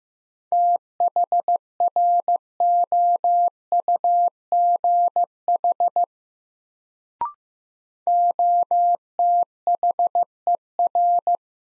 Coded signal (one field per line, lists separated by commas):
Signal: Morse code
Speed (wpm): 15 wpm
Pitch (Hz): 700 Hz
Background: none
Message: THROUGH OTHER